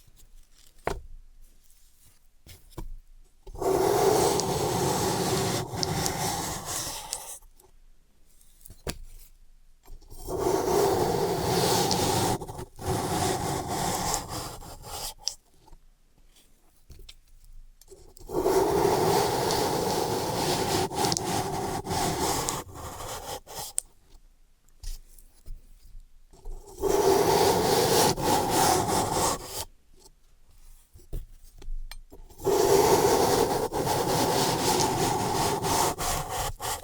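Floral foam being crushed and rubbed in five dense, crackly bursts of about three to four seconds each, separated by near-silent pauses.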